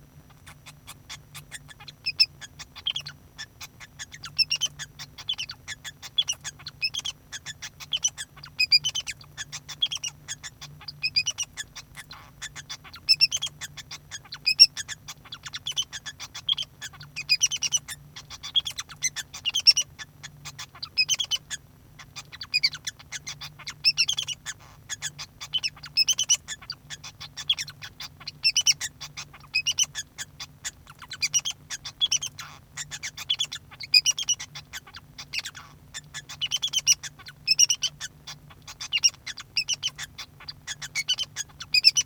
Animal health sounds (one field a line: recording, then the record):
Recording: song of a male Bengalese finch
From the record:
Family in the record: son of father 2